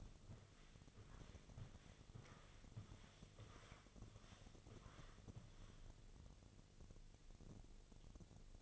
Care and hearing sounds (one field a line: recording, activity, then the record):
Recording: daily activity, microphone in the room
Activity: walk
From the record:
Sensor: 4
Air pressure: 1001.3 hPa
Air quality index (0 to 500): 175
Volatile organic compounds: 2 ppm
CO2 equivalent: 1257 ppm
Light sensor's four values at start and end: 14/33/13/13 and 14/33/13/13